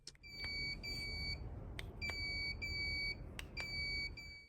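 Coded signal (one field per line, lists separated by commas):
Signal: beep code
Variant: AUTOBOAT GPS controller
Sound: several half-second high beeps in close pairs with clicks between, repeating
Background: handling clicks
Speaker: Wait 2 to 3 minutes and click the anchor button. If you hear 2 long beeps, it means the GPS system is ready and waiting for calibration.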